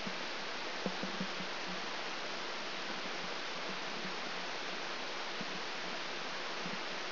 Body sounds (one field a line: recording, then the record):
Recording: brain microelectrode recording played as sound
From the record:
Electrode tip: outside the subthalamic nucleus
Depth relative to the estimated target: -4 mm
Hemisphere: right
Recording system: AlphaMap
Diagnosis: Parkinson's disease